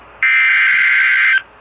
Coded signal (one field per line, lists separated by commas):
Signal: Emergency Alert System (SAME) tones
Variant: header bursts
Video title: An Glitchy EAS Video... EAS Alerts From 8/11/23-8/12/23 (EAS 286-298)